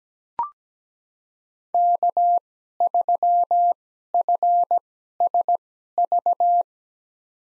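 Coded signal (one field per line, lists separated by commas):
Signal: Morse code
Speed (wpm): 17 wpm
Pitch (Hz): 700 Hz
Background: none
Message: K3FSV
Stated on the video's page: Morse practice: five-character USA call signs at 17 wpm with Farnsworth 2x character spacing, sent for head-copy.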